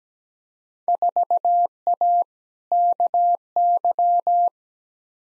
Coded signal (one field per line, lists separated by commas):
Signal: Morse code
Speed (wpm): 17 wpm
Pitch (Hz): 700 Hz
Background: none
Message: 4A KY